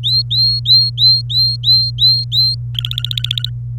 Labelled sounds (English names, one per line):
Domestic Canary song